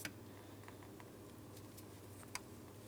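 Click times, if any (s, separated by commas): 2.4 s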